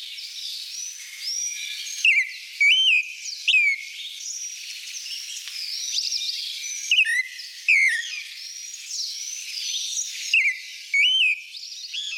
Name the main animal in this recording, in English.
Clay-colored Thrush